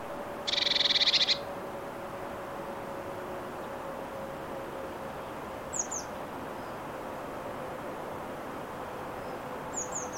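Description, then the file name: Eurasian blue tit giving one short, dense buzzy churr lasting under a second, followed later by a few faint high thin notes, over a steady low hum. "Cyanistes caeruleus"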